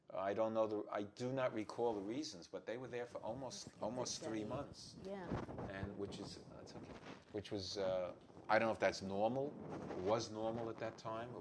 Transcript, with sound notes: I don't know, I do not recall the reasons. But they were there for almost, almost three months.
Yeah. (static noises)
And, which is, which was, uh, I don't know if that's normal, was normal at that time.